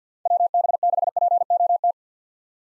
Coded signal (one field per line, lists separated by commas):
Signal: Morse code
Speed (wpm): 50 wpm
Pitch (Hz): 700 Hz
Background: none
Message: WB6POT